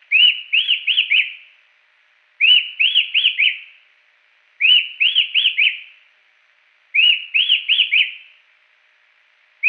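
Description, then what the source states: Rufous-tailed attila delivering four evenly spaced phrases, each a quick series of four upslurred then dropping whistles, a fresh phrase about every two seconds. Song; Salerno, 23 October 2001.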